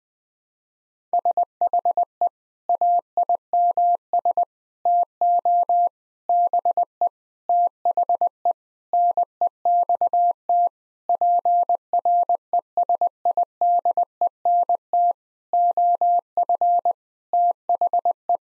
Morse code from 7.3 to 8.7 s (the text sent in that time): THE